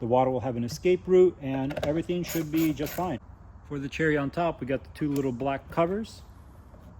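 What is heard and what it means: Someone talks while a small black plastic trim cover is handled by hand at the TRD aero nose cone (MS322-18002) on the front bumper of a GR86. The cover has not snapped into place yet, and nothing has seated or clicked by the end of the clip.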